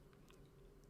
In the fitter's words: let that snap into place